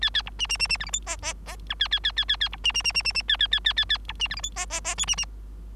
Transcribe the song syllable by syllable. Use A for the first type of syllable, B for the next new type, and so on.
A A B C C C C D E F G G G H A A A A A A B C C C C C C A A A A A A B C D E F G G G I C C